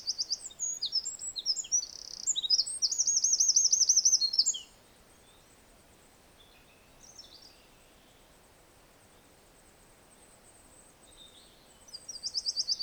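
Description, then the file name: Eurasian wren song bursts out with sharp high notes and a fast trill for several seconds, then near silence, before a new phrase begins at the end. "Troglodytes troglodytes"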